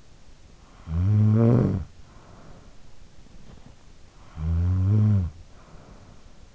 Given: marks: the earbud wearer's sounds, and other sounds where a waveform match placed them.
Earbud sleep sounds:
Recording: sounds in sleep by an in-ear microphone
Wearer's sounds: snoring breath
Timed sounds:
0.14-3.17 s: snoring breath
3.76-6.55 s: snoring breath

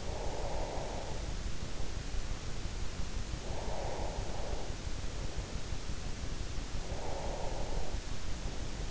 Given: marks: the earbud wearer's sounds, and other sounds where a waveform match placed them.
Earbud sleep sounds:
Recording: sounds in sleep by an in-ear microphone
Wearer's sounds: breath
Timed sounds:
0.00-1.51 s: breath
3.35-5.65 s: breath
6.65-8.36 s: breath

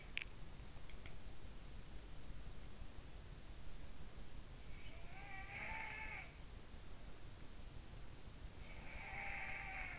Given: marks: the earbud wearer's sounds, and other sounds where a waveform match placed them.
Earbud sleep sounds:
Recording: sounds in sleep by an in-ear microphone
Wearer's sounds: swallowing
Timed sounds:
0.00-1.33 s: swallowing
4.97-6.46 s: sound from someone else or the room
8.66-9.99 s: sound from someone else or the room

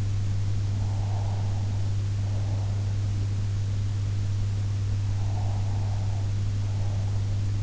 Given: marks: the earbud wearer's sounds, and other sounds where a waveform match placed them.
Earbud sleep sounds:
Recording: sounds in sleep by an in-ear microphone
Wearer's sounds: breath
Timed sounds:
0.63-3.15 s: breath
5.18-7.63 s: breath

